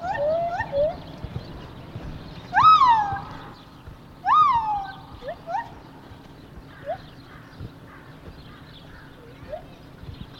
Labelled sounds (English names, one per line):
Lar Gibbon